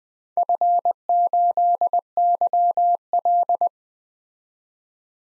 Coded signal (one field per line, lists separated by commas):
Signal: Morse code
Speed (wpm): 20 wpm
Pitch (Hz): 700 Hz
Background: none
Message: F8YL